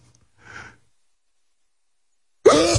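A soft, brief intake of breath is followed by nearly two seconds of quiet, then a sudden loud, voiced explosive burst that is cut off at the end. A single sneeze from an adult man.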